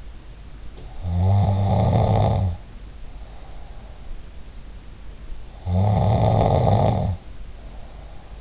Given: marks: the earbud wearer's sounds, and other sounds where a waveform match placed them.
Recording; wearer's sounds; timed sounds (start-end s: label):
sounds in sleep by an in-ear microphone; snoring breath
0.67-4.13 s: sound from someone else or the room
1.02-4.13 s: snoring breath
5.51-8.41 s: snoring breath